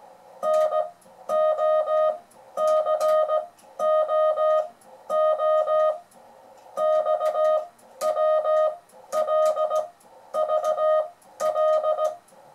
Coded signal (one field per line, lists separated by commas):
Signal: Morse code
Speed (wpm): 17 wpm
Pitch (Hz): 620 Hz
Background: music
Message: NOCOO XWLVL